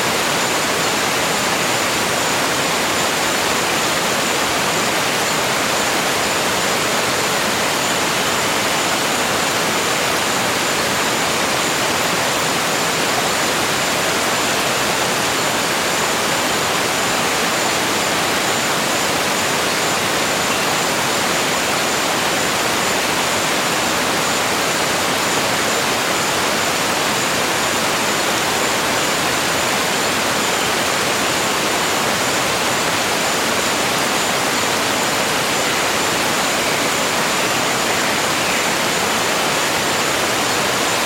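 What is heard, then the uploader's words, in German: A rainforest waterfall roars steadily, a dense, unbroken rush of falling water that stays the same for the whole stretch. The sound is bright and hissing with a full low rumble beneath, close and even, with no separate events standing out. Regenwald-Wasserfall | Schlafklänge aus den Kardamom-Bergen Thailands. Der rhythmische Klang des Wasserfalls.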